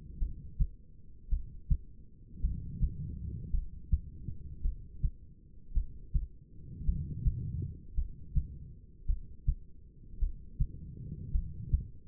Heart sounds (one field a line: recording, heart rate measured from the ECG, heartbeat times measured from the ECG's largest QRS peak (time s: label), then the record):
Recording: heart sounds by stethoscope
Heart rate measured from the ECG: 54 bpm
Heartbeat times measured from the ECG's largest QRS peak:
0.18 s: heartbeat
1.29 s: heartbeat
2.40 s: heartbeat
3.50 s: heartbeat
4.61 s: heartbeat
5.73 s: heartbeat
6.84 s: heartbeat
7.94 s: heartbeat
9.06 s: heartbeat
10.18 s: heartbeat
11.31 s: heartbeat
From the record:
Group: heart failure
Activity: rest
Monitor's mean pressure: 47 mmHg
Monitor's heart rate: 55 bpm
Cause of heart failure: non-ischemic cardiomyopathy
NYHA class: 1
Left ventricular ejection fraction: 52%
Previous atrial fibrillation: present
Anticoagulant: apixaban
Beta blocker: bisoprolol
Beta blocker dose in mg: 10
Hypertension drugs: sacubitril-valsartan, spironolactone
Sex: female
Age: 68 years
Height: 169 cm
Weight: 71 kg